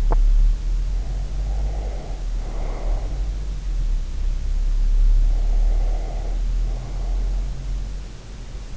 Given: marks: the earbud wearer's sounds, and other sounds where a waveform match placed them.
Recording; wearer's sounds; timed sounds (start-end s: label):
sounds in sleep by an in-ear microphone; teeth grinding, breath
0.00-0.28 s: teeth grinding
1.12-3.25 s: breath
5.26-7.52 s: breath